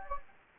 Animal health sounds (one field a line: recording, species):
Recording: mosquito wingbeat signal from an infrared sensor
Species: Anopheles gambiae